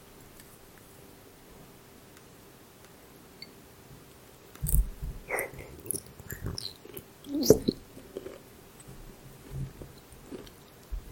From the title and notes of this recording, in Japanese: 食べる音フェチ。馬レバー刺し。